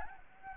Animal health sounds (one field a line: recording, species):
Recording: mosquito wingbeat signal from an infrared sensor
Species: Anopheles gambiae